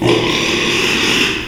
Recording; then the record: squeal of a Yucatan mini pig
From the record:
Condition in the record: after surgery on the right vocal fold (resection and tissue-engineered implant); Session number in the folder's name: 1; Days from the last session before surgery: 6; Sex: male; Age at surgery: 12 weeks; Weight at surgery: 13 kg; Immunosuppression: cyclosporine, prednisolone